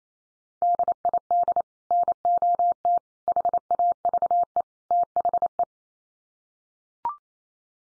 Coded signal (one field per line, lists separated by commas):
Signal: Morse code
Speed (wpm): 28 wpm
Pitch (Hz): 700 Hz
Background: none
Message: DID NOT HAVE THE